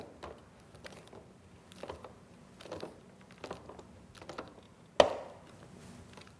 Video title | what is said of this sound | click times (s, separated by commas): PR Angel Eyes DTM Halo Upgrade Kit - Installation Guide | Alright, everything's popping in place. | 5.0 s